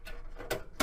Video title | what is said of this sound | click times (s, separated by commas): CompTIA A+ Full course in English Lecture # 05 | and along the edges and you'll hear it snap into place | 0.5 s, 0.8 s